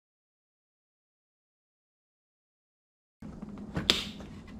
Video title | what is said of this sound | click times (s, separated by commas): Fiero Exterior Lights LED Conversion | there you can see you hear it snap there | 3.9 s